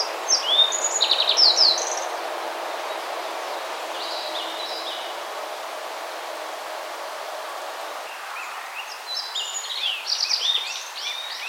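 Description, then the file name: Yellow Bunting song: a short burst of high, thin, buzzy notes, then a faint phrase midway and a longer jingling phrase near the end, over steady hiss. "Emberiza sulphurata"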